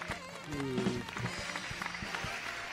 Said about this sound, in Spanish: ¡Aplausos! No sé dónde tengo los aplausos. Creo que aquí. No, aquí. No. Sí, aquí los tengo. ¡Aplausos, aplausos, aplausos!